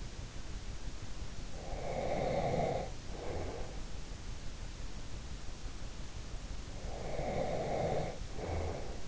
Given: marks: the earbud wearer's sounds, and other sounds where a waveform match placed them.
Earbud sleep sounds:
sounds in sleep by an in-ear microphone; breath
1.48-4.03 s: breath
6.71-9.08 s: breath

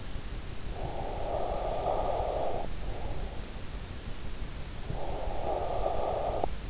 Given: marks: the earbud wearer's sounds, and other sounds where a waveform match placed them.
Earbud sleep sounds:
sounds in sleep by an in-ear microphone; breath
0.60-2.89 s: breath
4.57-6.70 s: breath

